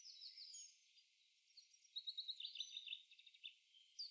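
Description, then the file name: Eurasian wren singing a fast, high trilling and twittering phrase of rapid chips and rattles, with scattered thin high notes before it. "Troglodytes troglodytes"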